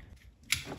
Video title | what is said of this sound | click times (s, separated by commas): 2001 - 2008 Audi A4 Radio Install | locks into place just like so | 0.5 s